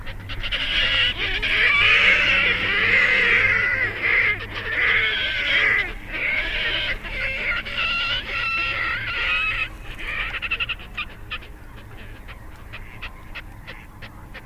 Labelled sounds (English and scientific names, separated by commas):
Red-necked Grebe (Podiceps grisegena)